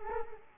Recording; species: mosquito wingbeat signal from an infrared sensor; Culex quinquefasciatus